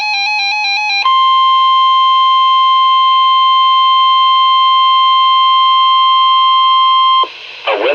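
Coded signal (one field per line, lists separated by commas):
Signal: Emergency Alert System (SAME) tones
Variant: 1050 Hz attention tone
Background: music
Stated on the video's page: Compilation of EAS alert captures including a Required Weekly Test, Flash Flood Watches and High Wind Warnings.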